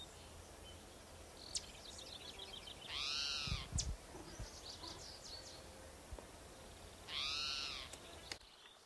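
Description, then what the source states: Spotted towhee, two loud arched cries about four seconds apart, with faint other bird notes and background hiss. Individual number 7 giving cries; Slate Mountain Trail at Gibson Jack Creek, Bannock County, Idaho, 27 June 2006.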